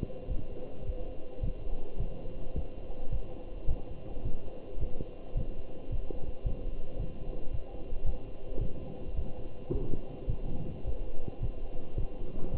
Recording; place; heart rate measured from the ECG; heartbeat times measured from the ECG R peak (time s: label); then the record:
heart sounds by stethoscope; between the tricuspid and mitral areas; 108 bpm
0.30 s: heartbeat
0.87 s: heartbeat
1.43 s: heartbeat
2.00 s: heartbeat
2.56 s: heartbeat
3.12 s: heartbeat
3.69 s: heartbeat
4.25 s: heartbeat
4.80 s: heartbeat
5.37 s: heartbeat
5.92 s: heartbeat
6.46 s: heartbeat
7.00 s: heartbeat
7.52 s: heartbeat
8.06 s: heartbeat
8.61 s: heartbeat
9.17 s: heartbeat
9.73 s: heartbeat
10.29 s: heartbeat
10.86 s: heartbeat
11.42 s: heartbeat
11.98 s: heartbeat
12.53 s: heartbeat
From the record:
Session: walking at 3.7 km/h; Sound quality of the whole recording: good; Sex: male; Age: 27 years